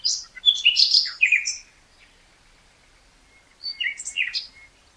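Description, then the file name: Common nightingale delivering two short phrases of varied whistles and chirps, separated by a pause of over a second. "Luscinia megarhynchos"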